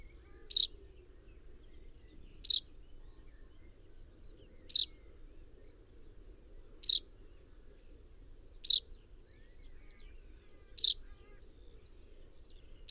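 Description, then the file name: Common chaffinch giving short, sharp chip notes about every two seconds, with faint thin twittering between them over a low background hum. "Fringilla coelebs"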